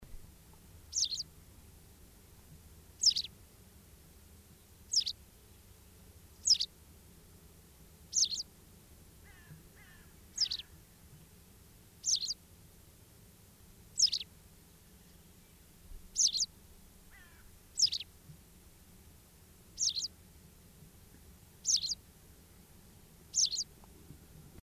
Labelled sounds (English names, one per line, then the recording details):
White Wagtail song
Common Cuckoo
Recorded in the wild
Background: Cuculus canorus
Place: Garmisch-Partenkirchen, Bayern, DE
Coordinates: 47.4931, 11.0633
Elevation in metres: 784
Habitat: mountains
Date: 1968-04-19
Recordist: Tretzel, Erwin
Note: Almhütte: Gesang